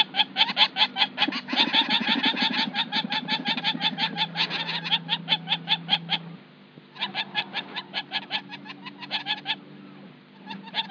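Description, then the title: Wattled jacana chattering, rapid harsh notes in long bursts with a brief gap midway, plus a lower droning sound in the background. "LuckyPassaro Completos2Sama. Wattled Jacana"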